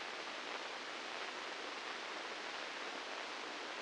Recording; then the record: brain microelectrode recording played as sound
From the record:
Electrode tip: inside the subthalamic nucleus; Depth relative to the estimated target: -3 mm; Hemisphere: right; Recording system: NeuroSet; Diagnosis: Parkinson's disease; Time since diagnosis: 9 years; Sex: female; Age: 51 years